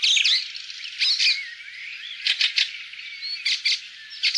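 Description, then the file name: Fieldfare mixing thin squeaky whistles and scratchy twitters with short, harsh chacking notes in quick pairs and triplets. "graatrost"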